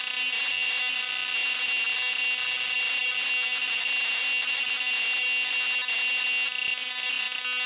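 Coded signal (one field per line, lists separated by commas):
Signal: computer data on cassette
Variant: MSX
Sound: continuous harsh buzzing screech with steady tones and brief dropouts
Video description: I've included the tediously long cassette loading sequence, so you can get a feel for the horrible experience that comes with having to load games from cassettes on the MSX homecomputer.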